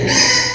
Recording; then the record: squeal of a Yucatan mini pig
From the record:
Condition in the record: before surgery on the right vocal fold (resection and tissue-engineered implant); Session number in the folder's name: 2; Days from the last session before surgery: 0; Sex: male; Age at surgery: 12 weeks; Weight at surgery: 13 kg